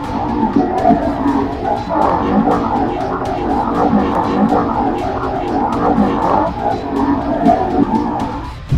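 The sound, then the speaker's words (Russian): A deep, infrabass monstrous voice roars incomprehensible words and growls without pause, a thick rumbling drone that swells and ebbs, with sharp thudding hits scattered through it. “Мимо мелькали закрытые двери с жуткими символами рогатых черепов, а за его спиной гремели шаги, и жуткий инфрабасовой голос ревел какие-то непонятные слова.”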